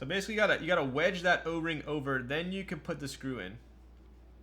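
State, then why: Not seated. A screw goes through an o-ring into a keyboard case mount during a mechanical keyboard build, with the o-ring wedged over the mounting point before the screw is pushed in. Someone talks for about 3.5 seconds over a low steady hum, then it goes quiet. Nothing has seated or clicked yet.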